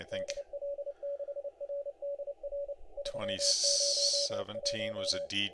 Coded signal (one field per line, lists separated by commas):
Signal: Morse code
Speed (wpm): 30 wpm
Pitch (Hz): 570 Hz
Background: speech, radio noise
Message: DL6RDR 301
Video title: Listening around ow WAE CW Contest on 20M 8/10/25 20:00Z